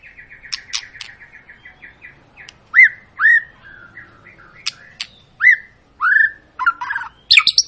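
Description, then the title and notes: White-rumped shama song with a run of soft repeated notes, then loud downslurred whistles alternating with sharp clicking notes and scratchy bursts. Long, vigorous lure song (pancingan) of a singing white-rumped shama, used to make other birds sing. "Pancingan Murai Batu Gacor Panjang. muraiku"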